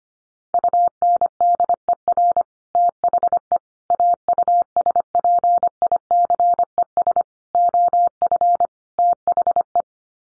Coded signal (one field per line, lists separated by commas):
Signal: Morse code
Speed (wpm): 25 wpm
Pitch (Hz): 700 Hz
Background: none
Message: UNDER THE AUSPICES OF THE